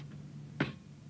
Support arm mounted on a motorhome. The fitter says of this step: and then it locks into place